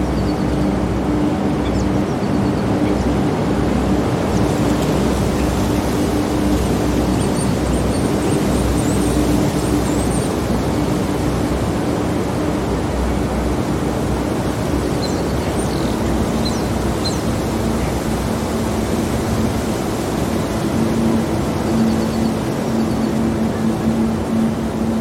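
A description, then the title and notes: Flowing water makes a steady, dense rush that never lets up, with a low droning hum running beneath it throughout. Soft, high bird chirps break through faintly, in a cluster around seven to ten seconds and again around fifteen to eighteen seconds. The gentle rustling of leaves, the soft chirping of birds, and the distant rustle of flowing water.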